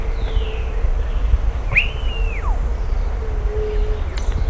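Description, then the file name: Bird giving one loud arched whistle that rises sharply, holds level, then slides down, with faint downslurred notes before it over a steady low rumble and hum. "SABIOD 50 bird 2015"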